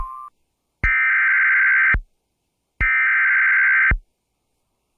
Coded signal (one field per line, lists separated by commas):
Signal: Emergency Alert System (SAME) tones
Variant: header bursts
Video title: EAS Severe Thunderstorm Warning for Columbia, SC (WXRY 99.3 FM of EASyPLUS alert) NWS Columbia, SC.